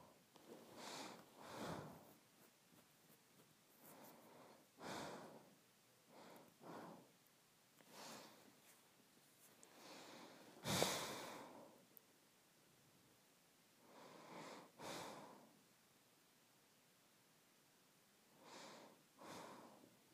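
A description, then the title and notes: Airy nose breathing in slow, uneven pairs of inhales and exhales, each a soft hiss lasting about a second. A sharper, louder snort lands near eleven seconds, and quiet pauses of a few seconds separate some breaths, with a faint low hum underneath. ASMR Nose Breathing.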